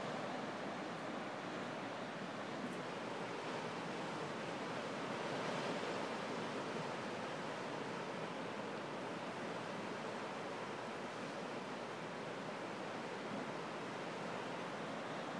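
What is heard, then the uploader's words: Ocean surf at a Pacific shoreline fills the clip with a steady, dense rush of water, like continuous breaking waves blended together. The roar stays even throughout, with only slight swells in loudness and no distinct individual crashes or other sounds. Pacific ocean view at Black Rock Oceanfront Resort.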